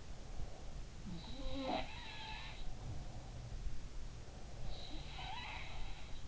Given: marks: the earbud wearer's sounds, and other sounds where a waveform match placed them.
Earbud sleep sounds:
sounds in sleep by an in-ear microphone; breath
0.00-1.10 s: breath
1.01-3.73 s: sound from someone else or the room
4.06-5.10 s: breath
4.58-6.28 s: sound from someone else or the room

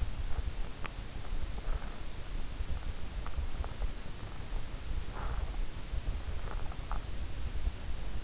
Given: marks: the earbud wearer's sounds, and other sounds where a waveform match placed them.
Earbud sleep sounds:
sounds in sleep by an in-ear microphone; swallowing, teeth grinding
0.81-0.91 s: swallowing
5.03-5.49 s: teeth grinding
6.87-7.01 s: teeth grinding

